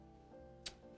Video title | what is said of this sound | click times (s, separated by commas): Building a Barleycorn Custom Mechanical Keyboard Kit | nice click when they go flush there we go | 0.7 s